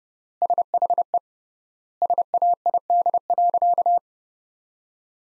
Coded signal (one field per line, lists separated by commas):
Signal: Morse code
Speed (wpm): 30 wpm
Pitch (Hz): 700 Hz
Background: none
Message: SHE SAID.